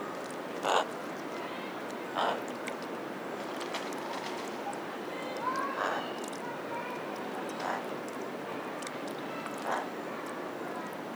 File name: Corvus corone